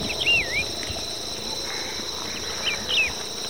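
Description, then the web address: Wedge-tailed Grass-Finch calls, a thin slurred whistle near the start and a couple of brief high notes later, over a constant insect hum. Recorded in Ecuador. "Birds of Ecuador Wedge-tailed Grass-Finch"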